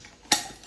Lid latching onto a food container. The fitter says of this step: ఇది టిక్ అని సౌండ్ వస్తది